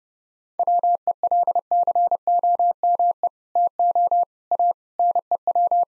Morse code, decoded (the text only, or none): WELCOME TO A NEW